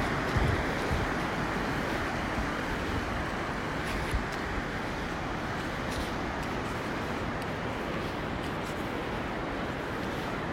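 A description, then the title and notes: Waves wash in a steady, dense roar heavy in the low end, with brief soft bumps near the start and around four seconds. Walking alone on the beach. The air was nice and crisp. The sound of waves.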